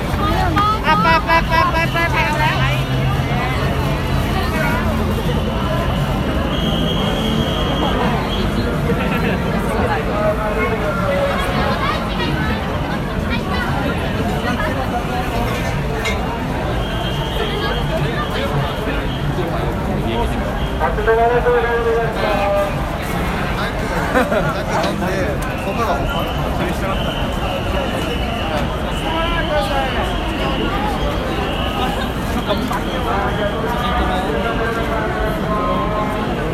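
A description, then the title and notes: A Halloween crowd at Shibuya fills the clip with dense, overlapping voices that never let up, chatter and occasional raised calls at a constant loud level. A low rumble, likely traffic, runs underneath, and brief higher tones surface now and then through the babble. Recorded of the sounds, noises and atmosphere at Shibuya Halloween Crowd 2021. Arranged using only the sound materials, not added other sounds from any instruments, synthesizer, modular and so on.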